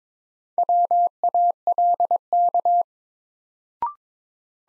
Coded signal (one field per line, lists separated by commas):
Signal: Morse code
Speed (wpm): 21 wpm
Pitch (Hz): 700 Hz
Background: none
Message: WALK